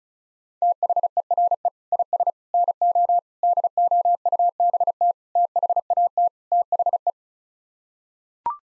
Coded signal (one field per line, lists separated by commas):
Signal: Morse code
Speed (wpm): 36 wpm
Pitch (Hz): 700 Hz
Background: none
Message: THERE IS NO DOUBT THAT THE